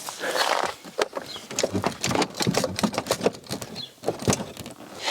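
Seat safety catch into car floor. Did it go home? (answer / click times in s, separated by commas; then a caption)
no / none. While a front seat is refitted into a Volvo 700, its mushroom-shaped safety catch is repeatedly knocked and pushed to make it go through a hole in the car floor and lock in place, producing sharp knocks at about 0.5, 1.0, 1.6, 2.4, 2.8 and 4.3 seconds amid rustling and shuffling. One catch is already in, but this one has not seated or locked yet because a seat runner has slid out of position.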